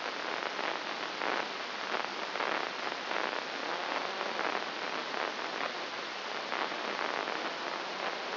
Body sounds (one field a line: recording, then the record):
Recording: brain microelectrode recording played as sound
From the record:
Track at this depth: inside the subthalamic nucleus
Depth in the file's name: 4.901 mm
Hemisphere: left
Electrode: 2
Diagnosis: Parkinson's disease